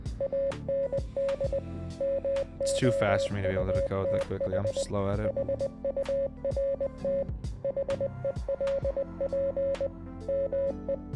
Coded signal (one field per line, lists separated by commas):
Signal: Morse code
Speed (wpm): 20 wpm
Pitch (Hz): 550 Hz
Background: speech, music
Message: AND MOUTH HURT HELP ME